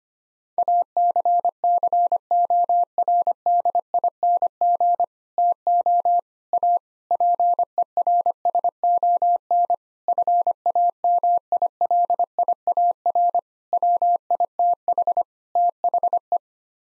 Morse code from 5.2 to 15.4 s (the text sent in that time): TO A PERSON FAMILIAR WITH